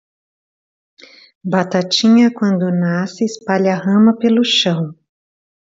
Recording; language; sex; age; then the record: short text; Brazilian Portuguese; female; 50 to 59 years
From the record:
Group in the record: control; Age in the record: 51 years